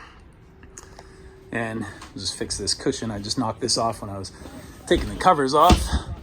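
A cockpit seat cushion on a brand new Beneteau Gran Turismo 41 Express Cruiser, knocked off while the covers were being removed, is handled as it is refitted onto its snap fastener on the cockpit seating. A few faint ticks are heard early, then someone talks over the handling. Nothing has snapped into place or seated yet by the end of the clip.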